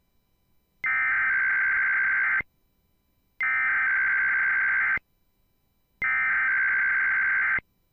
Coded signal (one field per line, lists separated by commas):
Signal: Emergency Alert System (SAME) tones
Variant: header bursts